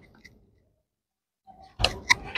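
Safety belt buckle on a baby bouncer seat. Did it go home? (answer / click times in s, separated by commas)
yes / 1.8 s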